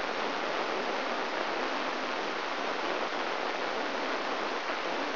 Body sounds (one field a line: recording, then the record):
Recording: brain microelectrode recording played as sound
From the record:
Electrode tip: inside the subthalamic nucleus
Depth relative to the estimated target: 2 mm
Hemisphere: right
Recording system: AlphaMap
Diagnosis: Parkinson's disease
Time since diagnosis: 20 years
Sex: female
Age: 65 years